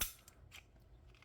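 A Palmetto State Armory Dagger pistol slide is worked back onto the frame rails and clicks home at 0.0 s as it seats. A few faint, small metallic ticks follow in the quiet that comes after.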